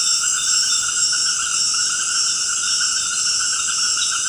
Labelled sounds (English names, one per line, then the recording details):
none
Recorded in dense forest near Puerto Asís, Putumayo, Colombia, on 19 March 2025 at 18:30
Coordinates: 0.481, -76.323
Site G088